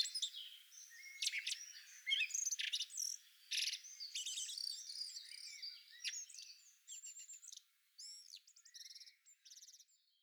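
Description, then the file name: Common blackbird producing fast high twitters, clicks and buzzy trilled notes, growing fainter with gaps and short repeated rattles near the end. "Turdus merula"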